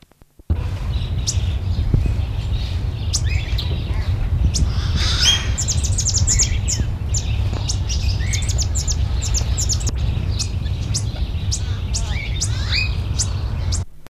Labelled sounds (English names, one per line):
Yellow-mantled Widowbird call